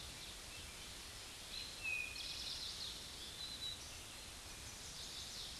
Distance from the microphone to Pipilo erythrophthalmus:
about 35 m